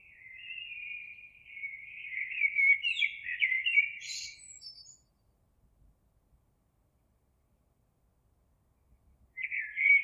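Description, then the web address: Eurasian blackbird song: a long, mellow fluted warble that wavers and then breaks into a brief high twitter, followed by silence and the start of another phrase. Recorded on 26 April 2022. "oiseaux Merle 2022 04 26"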